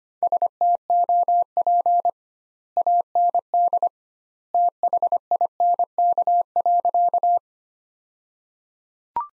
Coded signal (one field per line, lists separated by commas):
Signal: Morse code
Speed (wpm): 25 wpm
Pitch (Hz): 700 Hz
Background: none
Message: STOP AND THINK.